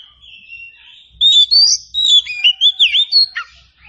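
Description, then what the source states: Oriental magpie-robin singing a rich, varied phrase of sweet whistles, upward slurs and short chattering notes, delivered rapidly after a soft opening note. Indonesian title says the recording is meant to make magpie-robins sing in reply.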